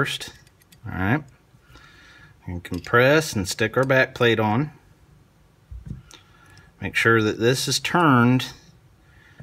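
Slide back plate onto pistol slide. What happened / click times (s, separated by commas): The back plate is being fitted by hand, with no seating click yet / none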